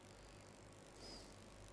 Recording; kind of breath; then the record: one breath in and out by a microphone near the nose and mouth; normal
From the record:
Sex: male